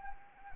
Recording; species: mosquito wingbeat signal from an infrared sensor; Anopheles arabiensis